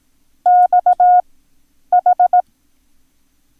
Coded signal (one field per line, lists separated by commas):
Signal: Morse code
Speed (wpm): 18 wpm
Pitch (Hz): 720 Hz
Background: none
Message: XH